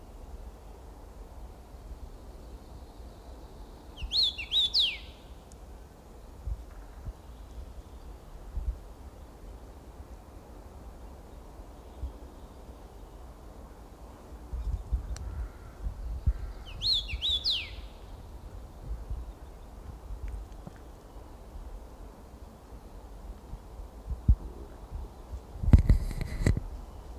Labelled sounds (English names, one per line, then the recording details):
Common Rosefinch song
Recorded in the wild
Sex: male
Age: adult
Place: Paratunka, Kamtschatka, RU
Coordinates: 53.5667, 158.417
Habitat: birch forest
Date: 1999-06-13 16:03
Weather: cloudy, ca. 20°C, moderate winds
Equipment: Sony WM-D6C, Sennheiser ME 80, K 30 AV Schalter II, Kopie Sony TCD-D8
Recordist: Frommolt, Karl-Heinz